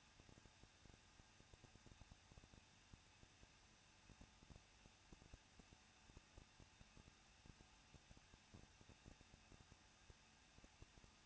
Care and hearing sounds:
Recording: daily activity, microphone in the room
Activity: no activity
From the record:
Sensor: 2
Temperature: 21.0 degrees Celsius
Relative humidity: 37.3%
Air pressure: 1006.3 hPa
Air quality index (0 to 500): 220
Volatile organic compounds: 23 ppm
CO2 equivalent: 2784 ppm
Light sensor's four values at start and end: 2/3/2/2 and 2/3/2/2

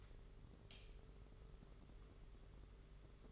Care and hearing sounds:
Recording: daily activity, microphone in the room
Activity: light on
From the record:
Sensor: 4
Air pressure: 991.8 hPa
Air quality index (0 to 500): 98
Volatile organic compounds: 11 ppm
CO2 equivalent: 2303 ppm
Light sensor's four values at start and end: 7/16/6/6 and 9/25/9/11

